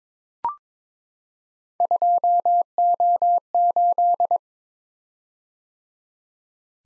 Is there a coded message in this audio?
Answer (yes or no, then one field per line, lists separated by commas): yes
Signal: Morse code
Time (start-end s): 1.8-4.4 s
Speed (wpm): 22 wpm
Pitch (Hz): 700 Hz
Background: none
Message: 2O8